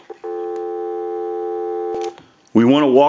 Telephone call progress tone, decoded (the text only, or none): dial tone